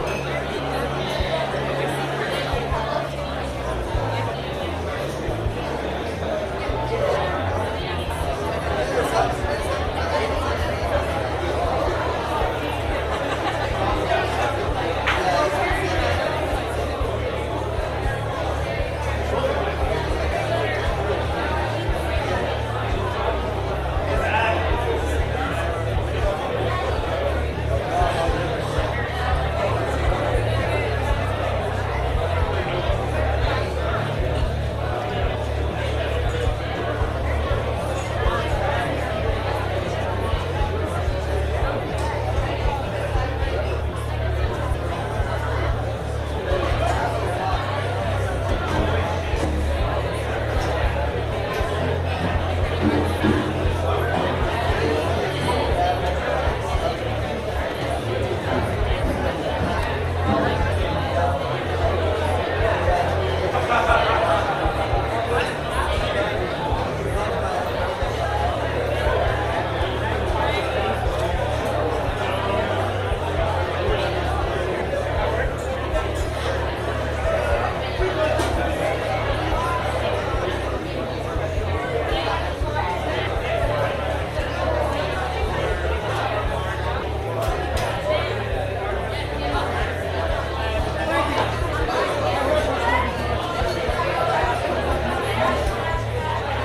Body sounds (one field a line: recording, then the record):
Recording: background sound without coughing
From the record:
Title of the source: CITY SOUNDS Busy Bar in the Evening Night - 2 HOURS of Ambiance for Relaxation